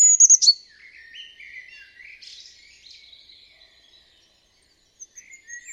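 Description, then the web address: Bird calls: a sharp high chirp at the start, followed by soft scattered warbling notes and a few faint high chips near the end. "birddata Deverinetal 2025"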